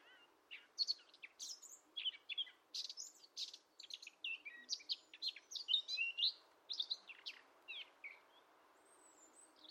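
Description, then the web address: Bird song: a fast, scratchy warble of high chirps, trills and twittering notes, running almost throughout. "cianscape birddata Deverinetal 2025"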